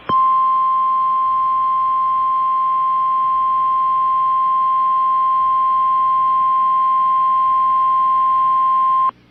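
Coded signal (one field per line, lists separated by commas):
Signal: Emergency Alert System (SAME) tones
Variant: 1050 Hz attention tone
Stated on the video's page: NOAA Weather Radio tornado warning relayed by an FM station, with garbled SAME header repetitions.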